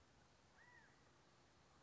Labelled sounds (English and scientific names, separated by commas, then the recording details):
California Quail (Callipepla californica)
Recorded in Sonoma County, California